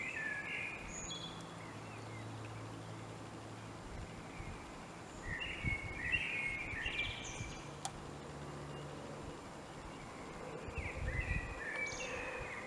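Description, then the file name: Common blackbird song: three fluted warbled phrases with scratchy high flourishes, low rumbling and an occasional click beneath, steady background hiss. "Turdus merula"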